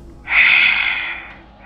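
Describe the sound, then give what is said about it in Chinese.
Heavy breathing heard over a phone line: one heavy, rasping breath rushes in abruptly, a breathy hiss that holds for about a second before easing off, with the faint start of another breath at the very end. No one speaks. “那头还是那种喘息声，一下重过一下，但不知怎么的就是不开口。”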